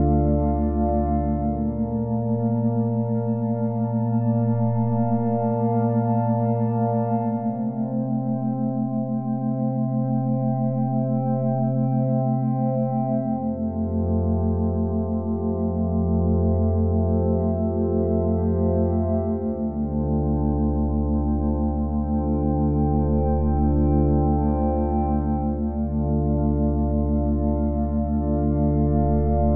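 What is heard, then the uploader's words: Alpha binaural beats: a dense bed of steady, humming tones, mostly low and warm with a soft ringing layer above, like a bowl. The deep tones change pitch in smooth steps every six seconds or so while the loudness stays level. 8 - 8.6 HZ - Heal your Gut with Alpha Binaural Beats.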